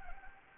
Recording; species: mosquito wingbeat signal from an infrared sensor; Anopheles gambiae